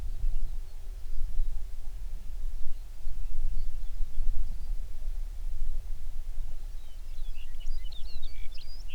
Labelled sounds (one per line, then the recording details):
songbird
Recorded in the Prudhoe Bay oil fields, Alaska, on 11 June 2019 at 04:36
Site 21